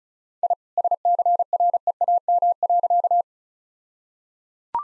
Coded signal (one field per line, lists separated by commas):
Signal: Morse code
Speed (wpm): 34 wpm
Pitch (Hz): 700 Hz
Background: none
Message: I SCREAM.